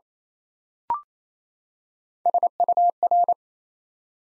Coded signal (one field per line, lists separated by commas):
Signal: Morse code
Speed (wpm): 29 wpm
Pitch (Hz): 700 Hz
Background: none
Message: SUR